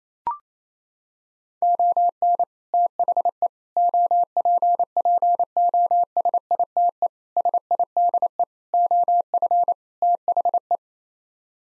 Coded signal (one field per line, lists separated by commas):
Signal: Morse code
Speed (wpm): 27 wpm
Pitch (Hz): 700 Hz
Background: none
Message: ON THE OPPOSITE SIDE OF THE